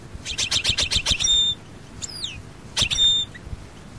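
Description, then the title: European goldfinch song, a fast run of tinkling notes ending in a buzzy trill, then a high downward-sliding whistle and a brief buzzy burst. "Chant Chardonneret"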